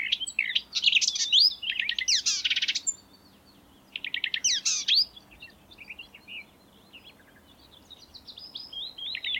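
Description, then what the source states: Marsh warbler song in loud bursts of rapid rattling and buzzy churrs, interleaved with quick twittering notes, a short pause, then softer varied warbling. Song recorded in May 2020.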